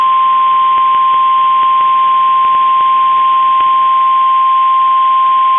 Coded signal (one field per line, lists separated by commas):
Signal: Emergency Alert System (SAME) tones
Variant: 1050 Hz attention tone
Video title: KEC65 Required Weekly Test (EAS #263)